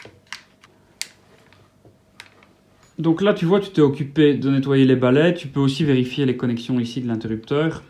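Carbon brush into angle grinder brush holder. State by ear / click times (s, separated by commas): seated / 1.0 s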